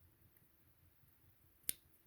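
The second battery terminal contact of a Wii Balance Board battery compartment is lined up on its two pins and pushed home into the plastic housing. It snaps in with a single sharp click at 1.7 s against a quiet, low background, and the terminal is seated.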